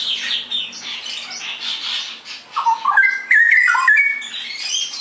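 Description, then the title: Straw-headed bulbul song: loud, bubbly whistled phrases jumping between low and high notes in the second half, after a dense, high, chattering twitter. Caged-bird song-tutoring (masteran) in clear quality, featuring rapid "ropel" song from a constantly singing (gacor) bird. "mster Mnuk. Masteran Burung CUCAK ROWO Kualitas Jernih. Cucak Rowo Ropel Gacor"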